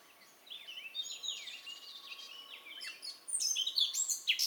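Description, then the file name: Eurasian blackcap giving a soft, scratchy warble over steady background hiss, growing louder with sharp high notes in the last second. "Sylvia atricapilla"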